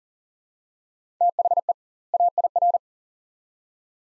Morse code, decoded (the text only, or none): THE AIR